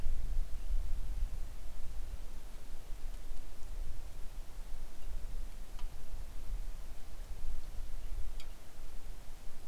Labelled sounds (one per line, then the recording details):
songbird
wind
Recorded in the Arctic National Wildlife Refuge, Alaska, on 3 August 2019 at 10:32
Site 41